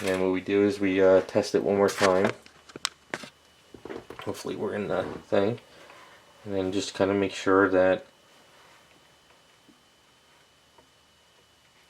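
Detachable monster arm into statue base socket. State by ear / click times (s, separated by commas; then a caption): not seated / none. Someone talks while handling a detachable plastic monster arm from a Humming Bird Studio Bayonetta Scarborough Fair statue, fitting it toward the base socket to test it after its fingernails were reshaped. A few sharp handling clicks and taps come at about 2.8, 3.1 and 4.1 seconds between the speech. The clip ends before the arm goes home, and nothing has seated or clicked into place yet.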